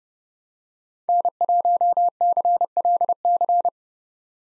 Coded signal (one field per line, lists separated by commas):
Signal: Morse code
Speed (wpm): 30 wpm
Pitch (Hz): 700 Hz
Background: none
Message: N1CLC